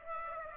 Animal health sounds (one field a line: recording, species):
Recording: mosquito wingbeat signal from an infrared sensor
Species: Aedes aegypti